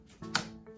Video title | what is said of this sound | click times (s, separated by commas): How To assemble the Safetots Deluxe Fabric PlayPen - Safetots | that'll click into position now this then slots | 0.3 s